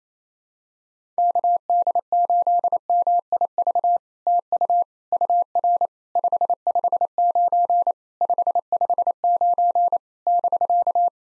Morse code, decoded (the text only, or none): KD8MIV TU UR 559 559 <BK>